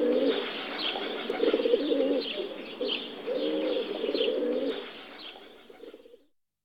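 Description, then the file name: Rock pigeon giving low rolling coos in phrases, fading out at the end. Domestic pigeon. "Holub domaci Columbia livia"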